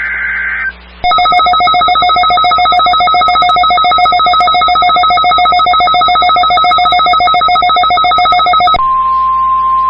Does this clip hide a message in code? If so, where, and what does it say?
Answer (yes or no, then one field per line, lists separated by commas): no